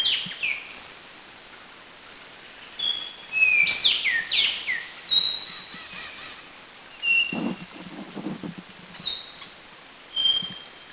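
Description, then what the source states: Yellow-bellied whistler giving clear whistled notes, several sliding downward in a quick cluster midway, over a steady high insect drone throughout. Recorded on Bohol, Philippines, in 2010.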